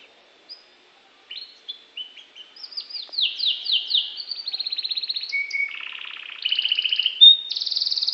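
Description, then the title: Norwich canary song, a varied run of rising chirps, rapid buzzy trills and rolling repeated notes that grows louder and denser toward the end. "kenari norwich"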